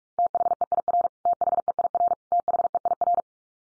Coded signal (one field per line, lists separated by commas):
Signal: Morse code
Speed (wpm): 44 wpm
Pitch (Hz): 700 Hz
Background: none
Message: THEIR THEIR THEIR